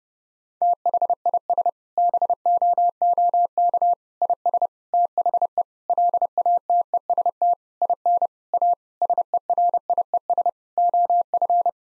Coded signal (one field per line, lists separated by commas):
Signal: Morse code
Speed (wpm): 32 wpm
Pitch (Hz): 700 Hz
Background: none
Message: THIS BOOK IS THE LATEST IN A SERIES OF